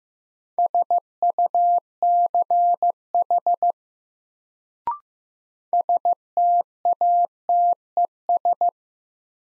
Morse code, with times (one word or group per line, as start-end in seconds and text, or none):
0.6-3.7 SUCH
5.7-8.7 STATES